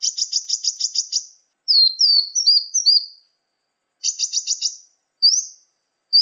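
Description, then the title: Sunbird song: a rapid high ticking trill, then a string of fast slurred whistled notes, with another short trill and single chirps after a pause. "kicau kolibri"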